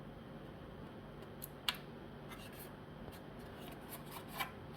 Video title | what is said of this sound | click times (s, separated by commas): Huawei B622-335 Orange Flybox 4G+ SoyeaLink Turbonet Router Unboxing, Setup and Connection | Then you press it to hear a click. | 1.4 s, 1.7 s